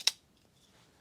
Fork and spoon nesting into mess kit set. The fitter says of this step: into the hole of that spoon there to keep it locked into place and that slides right down to